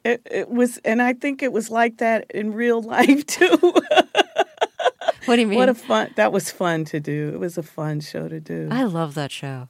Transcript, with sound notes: It was - and I think it was like that in real life, too (laughter).
What do you mean?
What a fun - that was fun to do. It was a fun show to do.
I love that show.